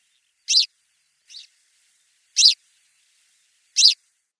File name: Konek stepnoj